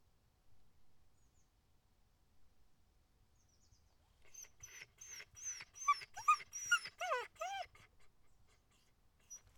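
Dog yelping: after about four seconds of quiet, a burst of short high whining yelps and squeals, several arched, lasting a few seconds.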